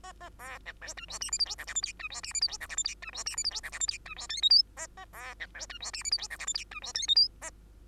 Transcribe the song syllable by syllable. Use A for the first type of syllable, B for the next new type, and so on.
A A B C D E F G H I J K L M N E F G H I J K L M N E F G H I J K L M N E F O P Q A A B C D E F G H I J K L M N E F O P Q A